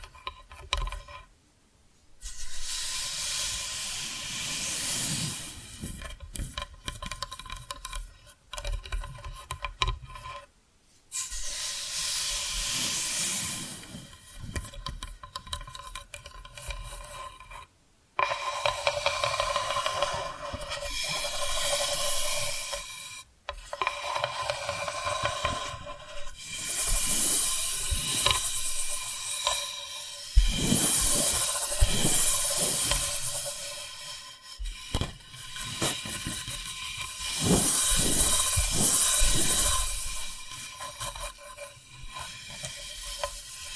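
Tapping and scratching sounds with dense, rasping hiss-like strokes, broken by brief silent gaps and getting louder and brighter after thirty seconds.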